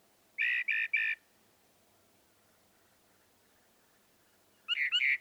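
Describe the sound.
Northern mockingbird singing three harsh buzzy notes in quick succession, a long quiet gap with faint background hiss, then a different rapid burst of bright notes.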